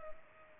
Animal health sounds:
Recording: mosquito wingbeat signal from an infrared sensor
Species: Culex pipiens

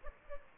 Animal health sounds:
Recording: mosquito wingbeat signal from an infrared sensor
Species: Aedes aegypti

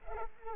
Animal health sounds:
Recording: mosquito wingbeat signal from an infrared sensor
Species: Culex pipiens

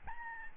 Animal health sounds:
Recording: mosquito wingbeat signal from an infrared sensor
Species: Aedes albopictus

